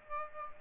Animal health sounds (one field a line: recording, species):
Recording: mosquito wingbeat signal from an infrared sensor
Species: Aedes aegypti